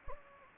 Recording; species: mosquito wingbeat signal from an infrared sensor; Anopheles gambiae